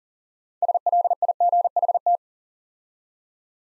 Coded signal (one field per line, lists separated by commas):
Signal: Morse code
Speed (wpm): 44 wpm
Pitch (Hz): 700 Hz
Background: none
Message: SLIGHT